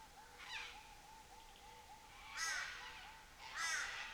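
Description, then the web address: Cockatoo screeches: a softer harsh call early, then two louder raspy bursts, over steady, rapid chirping in the background. Cockatoos in Nightcap National Park, Australia. "Les Cartes Postales Sonores NOISE ON EARTH Vol 7 AUSTRALIA Les Cartes Postales Sonores - Cocatoes of Nightcap NP"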